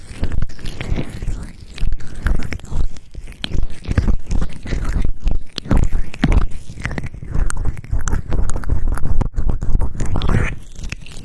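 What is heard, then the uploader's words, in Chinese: Vigorous ear rubbing right against the microphone, a dense run of crunching, scratching strokes over a heavy low rumble. The rubbing comes in quick irregular bursts with brief dips around two, five and a half, and ten seconds, never pausing for long. 暴力搓耳。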